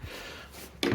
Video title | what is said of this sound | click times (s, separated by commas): Replacing all of the convertible top hydraulics on my 1994 SL320 (R129) | push this down until it clicked in it didn't pull it through but it clicked it in | 0.8 s